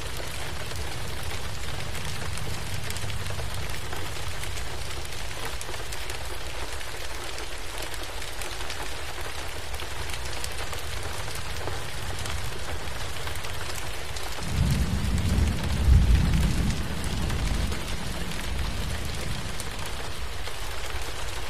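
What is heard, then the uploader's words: Rain falls steadily against a window, a dense, even patter of fine drops that barely changes throughout. About two-thirds of the way through, a deep rumble of thunder rolls in, swelling for a few seconds before fading back under the rain. Rain Sounds On Window With Thunder.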